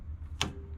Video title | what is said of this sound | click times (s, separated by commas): 2021 Ford Bronco Soft Top Tips | you can hear a pretty firm click that means both sides are released so | 0.4 s